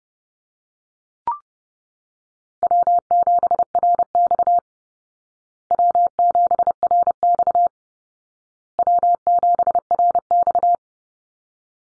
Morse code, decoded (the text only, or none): W7RX W7RX W7RX